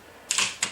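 A plastic screen bezel on a laptop display lid is pried up and out with the fingertips, and its clips snap loose at 0.3 s, 0.4 s and 0.6 s. The sharp snaps are broadband bursts brightest between 1 and 8 kHz. This means the clips are letting go and the bezel is coming off.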